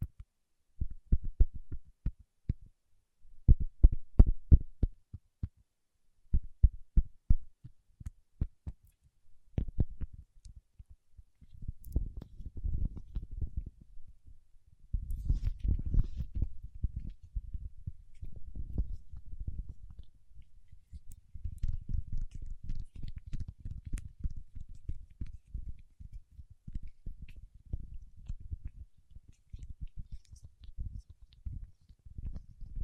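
Paraffin wax is tapped, scratched and peeled. For the first ten seconds there are short, dull, low taps in quick bursts with brief pauses. After that, a dense, crackly scratching and peeling takes over, coming in rough stretches until the end.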